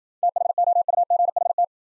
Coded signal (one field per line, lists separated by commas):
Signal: Morse code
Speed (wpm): 54 wpm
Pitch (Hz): 700 Hz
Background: none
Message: THOUGHT